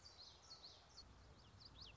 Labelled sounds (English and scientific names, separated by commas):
Common Yellowthroat (Geothlypis trichas)